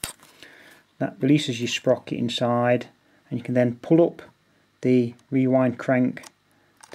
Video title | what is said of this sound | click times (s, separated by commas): Kodak Retina IIIc 35mm Rangefinder Review / Overview | you just press that in once until it clicks | 0.0 s